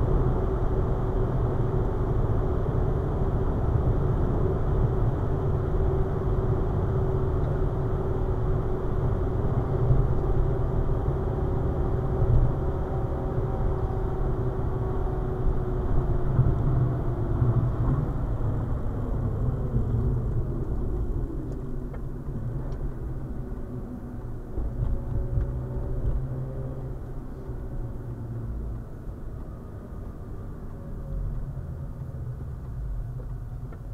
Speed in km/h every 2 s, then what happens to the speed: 136, 135, 133, 131, 128, 126, 122, 114, 100, 68, 44, 39, 42, 37, 31, 23, 15.
0-34 brakes to 15.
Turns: none.